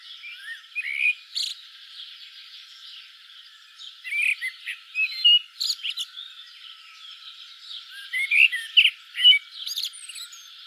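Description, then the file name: Common blackbird song: repeated warbled whistle phrases broken by sharp high chips and twitters, with short pauses between bursts. "Turdus merula"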